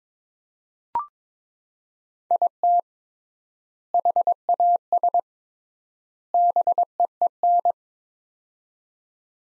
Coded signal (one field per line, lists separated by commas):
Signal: Morse code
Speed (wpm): 22 wpm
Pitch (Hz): 700 Hz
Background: none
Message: IT HAS BEEN